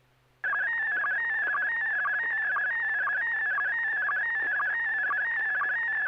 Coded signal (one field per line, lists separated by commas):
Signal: SSTV (slow-scan television)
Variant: PD 120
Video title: N6NA SSTV Net - 09/27/2023